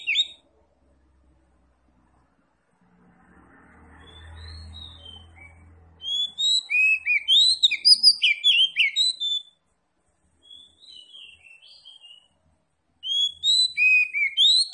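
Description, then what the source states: Oriental magpie-robin song in loud bursts of quick, high, varied whistles, separated by pauses, with a low humming noise early on. Tretes kacer, singing vigorously (gacor).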